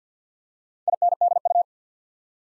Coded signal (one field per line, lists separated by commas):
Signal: Morse code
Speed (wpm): 50 wpm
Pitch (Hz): 700 Hz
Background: none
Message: INDU